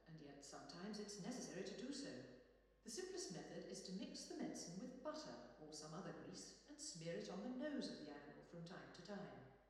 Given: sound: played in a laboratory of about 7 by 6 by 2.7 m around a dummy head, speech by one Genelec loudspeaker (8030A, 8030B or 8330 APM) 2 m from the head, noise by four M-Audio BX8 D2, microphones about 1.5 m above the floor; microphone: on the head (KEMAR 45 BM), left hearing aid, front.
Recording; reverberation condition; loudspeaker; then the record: female speech in English; high; 150 degrees to the left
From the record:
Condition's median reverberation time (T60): about 1300 ms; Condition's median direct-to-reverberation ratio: about -4.0 dB